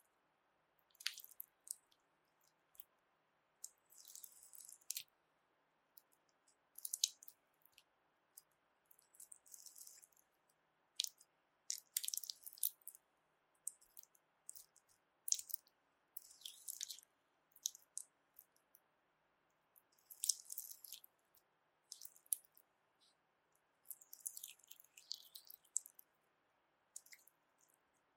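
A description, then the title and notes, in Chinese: Slippery jelly is squished and handled, giving short wet, crackly squelches. The bursts are bright and crisp and arrive irregularly, every second or two, sometimes in quick clusters. Between them only a faint, steady low hiss remains. 滑溜溜的果凍觸發 | Jelly Trigger。NO Talking。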